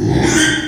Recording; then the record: squeal of a Yucatan mini pig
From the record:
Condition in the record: after surgery on the right vocal fold (resection and tissue-engineered implant); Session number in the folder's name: 3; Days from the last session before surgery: 33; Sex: male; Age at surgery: 12 weeks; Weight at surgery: 13 kg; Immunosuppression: cyclosporine, prednisolone